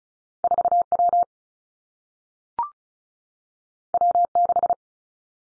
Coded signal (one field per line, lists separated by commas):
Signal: Morse code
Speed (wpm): 36 wpm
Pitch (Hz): 700 Hz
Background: none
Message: 4 W W 6